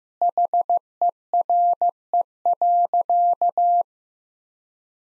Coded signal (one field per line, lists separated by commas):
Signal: Morse code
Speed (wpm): 15 wpm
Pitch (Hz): 700 Hz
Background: none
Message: HERE.